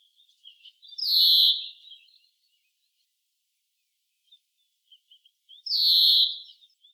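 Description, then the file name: European greenfinch giving two loud, harsh, nasal drawn-out wheezes about five seconds apart, with soft scattered twitters between them. "Chloris chloris"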